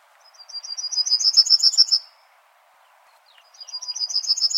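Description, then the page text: Yellowhammer song: two bright, rapid series of repeated high chipping notes, the first ending after about two seconds, the second starting near 3.5 seconds; quiet background. A common variant of the song. "песню обыкновенной овсянки Emberiza citrinella"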